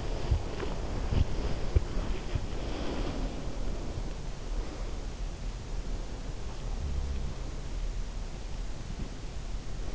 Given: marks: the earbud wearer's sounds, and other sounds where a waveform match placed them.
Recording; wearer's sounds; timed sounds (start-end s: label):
sounds in sleep by an in-ear microphone; body movement
0.00-2.72 s: body movement